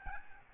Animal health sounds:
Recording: mosquito wingbeat signal from an infrared sensor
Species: Aedes albopictus

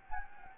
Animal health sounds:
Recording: mosquito wingbeat signal from an infrared sensor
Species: Anopheles gambiae

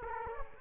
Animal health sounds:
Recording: mosquito wingbeat signal from an infrared sensor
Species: Culex quinquefasciatus

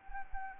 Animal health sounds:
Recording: mosquito wingbeat signal from an infrared sensor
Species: Anopheles arabiensis

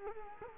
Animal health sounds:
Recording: mosquito wingbeat signal from an infrared sensor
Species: Culex quinquefasciatus

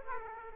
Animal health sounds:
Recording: mosquito wingbeat signal from an infrared sensor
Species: Aedes aegypti

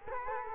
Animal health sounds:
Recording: mosquito wingbeat signal from an infrared sensor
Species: Culex quinquefasciatus

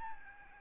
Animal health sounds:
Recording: mosquito wingbeat signal from an infrared sensor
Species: Aedes albopictus

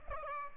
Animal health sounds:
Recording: mosquito wingbeat signal from an infrared sensor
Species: Aedes albopictus

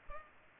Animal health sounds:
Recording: mosquito wingbeat signal from an infrared sensor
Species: Culex pipiens

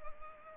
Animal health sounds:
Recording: mosquito wingbeat signal from an infrared sensor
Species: Culex pipiens

